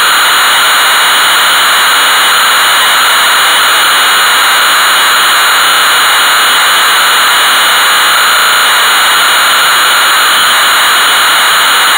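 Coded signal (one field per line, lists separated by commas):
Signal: computer data on cassette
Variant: Amstrad CPC 464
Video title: Hard Hat Mack (1983) - Amstrad CPC 464 (Full Tape Rip / Cassette Load)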